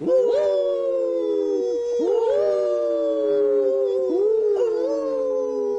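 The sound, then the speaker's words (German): Three voices howl together in long, sustained, wavering tones, rising and sliding down, in three overlapping waves, imitating a werewolf, a wolf and a coyote. “Ich war ein Wolf. Und ich ein Kojote. Aber ihr habt alle 3 geheult.”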